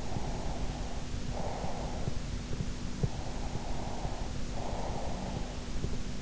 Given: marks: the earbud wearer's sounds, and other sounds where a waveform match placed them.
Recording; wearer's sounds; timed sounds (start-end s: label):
sounds in sleep by an in-ear microphone; breath
0.16-2.04 s: breath
3.28-5.61 s: breath